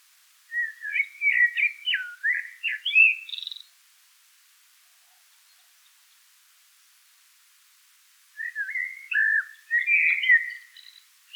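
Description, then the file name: Common blackbird song: a varied warbling phrase of fluty whistles ending high and squeaky, then silence, then another similar mellow phrase. "Turdus merula"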